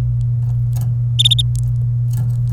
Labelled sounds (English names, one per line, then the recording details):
Domestic Canary song
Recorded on 27 April 2018 at 13:47
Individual llb3